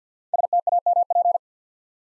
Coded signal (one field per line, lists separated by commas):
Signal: Morse code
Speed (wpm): 45 wpm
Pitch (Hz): 700 Hz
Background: none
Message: STAMP